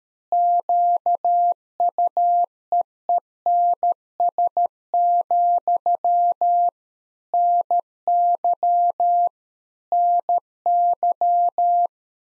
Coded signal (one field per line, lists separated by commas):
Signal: Morse code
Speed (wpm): 13 wpm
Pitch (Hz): 700 Hz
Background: none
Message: QUEENS, NY NY